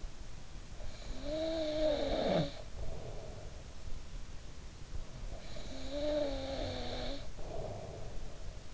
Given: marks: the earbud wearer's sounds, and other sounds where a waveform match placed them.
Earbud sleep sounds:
sounds in sleep by an in-ear microphone; snoring breath
0.76-3.70 s: snoring breath
4.88-8.74 s: snoring breath

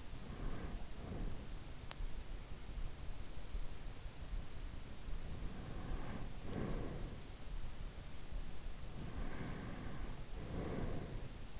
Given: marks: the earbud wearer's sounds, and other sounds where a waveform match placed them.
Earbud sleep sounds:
sounds in sleep by an in-ear microphone; breath
0.00-2.39 s: breath
6.71-8.49 s: breath
9.14-11.60 s: breath

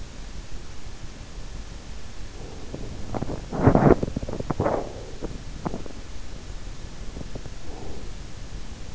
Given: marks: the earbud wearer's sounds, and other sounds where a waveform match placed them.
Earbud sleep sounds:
sounds in sleep by an in-ear microphone; body movement, swallowing
2.22-5.82 s: body movement
6.53-7.69 s: swallowing

